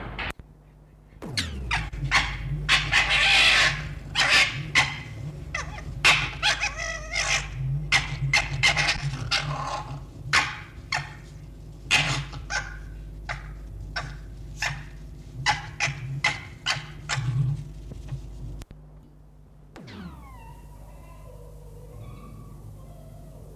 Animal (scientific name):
Vulpes vulpes